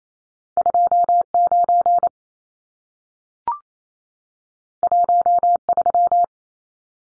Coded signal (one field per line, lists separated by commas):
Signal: Morse code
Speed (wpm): 28 wpm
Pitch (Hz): 700 Hz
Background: none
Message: 29 13